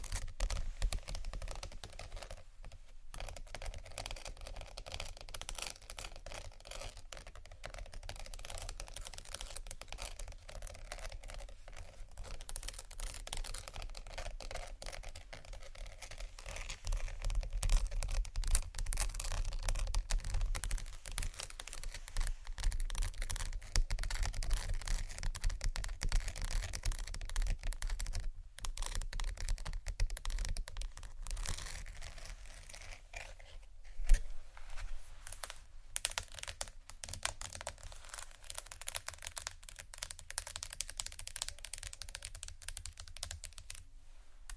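Dense, restless tapping and scratching on marble and wood with crinkles, a steady busy clatter of small clicks over a low rumble, briefly pausing twice.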